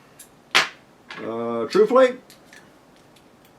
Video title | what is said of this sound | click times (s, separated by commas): The problem with HiFlo air couplers | well locks in there fine too | 2.5 s